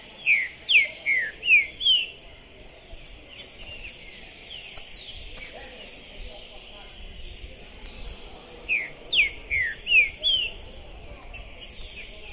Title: ESQUENTAR Seu TRINCA Piando, Cantando E Macheando Na DISPUTA. TRINCA FERRO ficou POSSUÍDO na PORTA do TORNEIO. Trinca Ferro Pistoleiro 2021